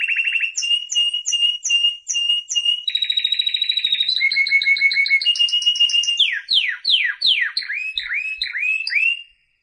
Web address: sounds canary canary-sound